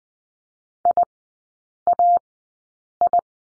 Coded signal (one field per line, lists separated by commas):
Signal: Morse code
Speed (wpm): 19 wpm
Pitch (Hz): 700 Hz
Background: none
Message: IAI